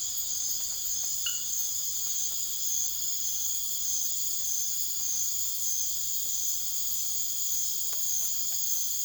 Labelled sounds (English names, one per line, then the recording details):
none
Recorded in secondary vegetation near Puerto Asís, Putumayo, Colombia, on 12 March 2025 at 02:00
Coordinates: 0.489, -76.322
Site G042